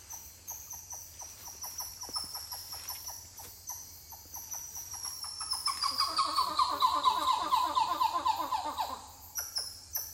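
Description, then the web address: Titi monkey calling: pulsed notes that swell into a dense, loud chorus midway, then fade, with a steady high insect whine throughout. More than one titi monkey calling. "Titi-monkeys-calling wilderness-songs"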